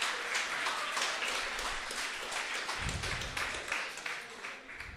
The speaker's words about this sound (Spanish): Darle un aplauso, claro que sí. Claro que sí.